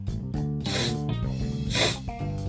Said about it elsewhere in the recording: I have a stuffy nose and it sounds like I'm fucking crying. Like every 5 seconds all you hear is.